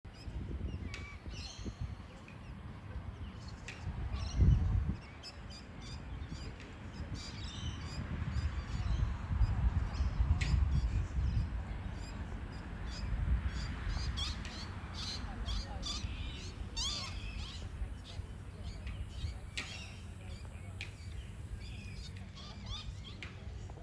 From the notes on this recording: 3 magpies in the park. 2 are playing/mock fighting.